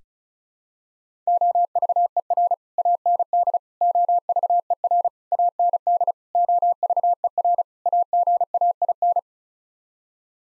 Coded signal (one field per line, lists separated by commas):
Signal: Morse code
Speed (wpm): 34 wpm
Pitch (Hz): 700 Hz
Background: none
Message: OVER AND OVER AND OVER AGAIN